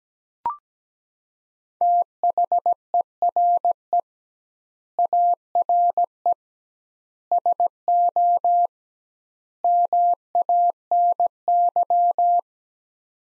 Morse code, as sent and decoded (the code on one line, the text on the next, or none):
- .... . .-. . / .- .-. . / ... --- / -- .- -. -.--
THERE ARE SO MANY